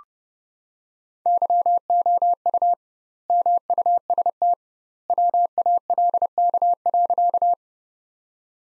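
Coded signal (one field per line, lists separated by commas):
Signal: Morse code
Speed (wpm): 32 wpm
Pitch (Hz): 700 Hz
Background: none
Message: YOU MUST WALK.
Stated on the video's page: Morse code practice: sentences from the top 300 words sent at 30 wpm with twice standard word spacing, a word-level analogue of Farnsworth spacing.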